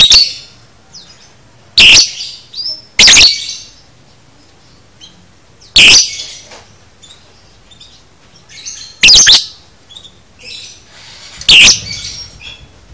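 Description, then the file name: Lovebird calls: loud, harsh, shrill screeches at irregular intervals, separated by quieter high twittering. Lovebird masteran recording, made for training cage birds. "masteran lovebird paud"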